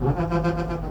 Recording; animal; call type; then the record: contact call of a hoofed animal; goat; low-frequency (closed-mouth) or high-frequency (open-mouth) call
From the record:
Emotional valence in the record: positive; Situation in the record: food anticipation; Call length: 0.91 s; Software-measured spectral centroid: 1290 Hz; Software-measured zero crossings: 780 a second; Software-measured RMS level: -24 dBFS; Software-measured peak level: -10 dBFS